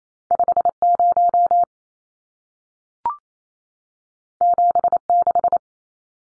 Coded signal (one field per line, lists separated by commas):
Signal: Morse code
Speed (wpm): 28 wpm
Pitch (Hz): 700 Hz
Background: none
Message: 50 76